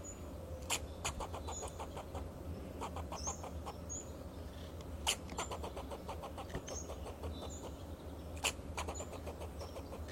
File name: Sound of a Fox Squirrel